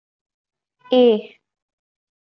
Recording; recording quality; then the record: sustained vowel as in made; excellent, no background noise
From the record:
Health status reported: healthy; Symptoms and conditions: none ticked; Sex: female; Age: 23 years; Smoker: not ticked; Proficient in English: yes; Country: India